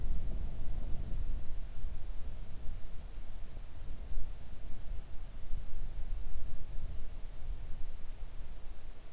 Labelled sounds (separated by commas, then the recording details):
wind
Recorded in the Arctic National Wildlife Refuge, Alaska, on 3 August 2019 at 05:19
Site 41